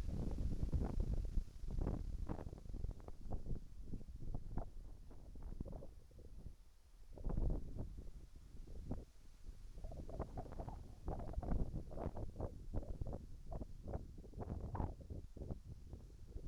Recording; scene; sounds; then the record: everyday scene through a hearing-aid microphone; wind on the microphone; wind, whistling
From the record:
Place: in front of a rural house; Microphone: behind the ear, right, rear